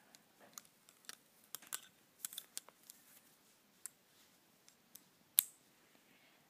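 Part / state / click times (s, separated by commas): hinged bracelet clasp closing into its catch / seated / 5.4 s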